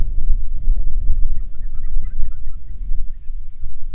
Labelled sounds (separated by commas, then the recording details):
waterfowl, wind
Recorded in the Prudhoe Bay oil fields, Alaska, on 6 August 2019 at 05:18
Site 22